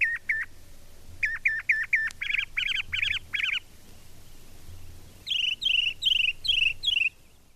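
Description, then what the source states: Northern Mockingbird song: varied phrases, each repeated several times, moving from sharp two-part chirps to buzzier rasping notes and then higher slurred notes, in quick sets. Sings throughout summer, especially at night for hours, with variations on other birds' songs and its own themes; may be defining territory.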